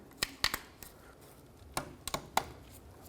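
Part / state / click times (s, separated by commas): bulb sockets into third brake light housing / seated / 0.4 s, 1.8 s, 2.4 s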